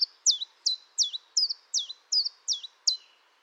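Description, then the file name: Common chiffchaff song, a steady run of about nine clipped, downward-slurred high notes, evenly spaced. "Pouillot-véloce"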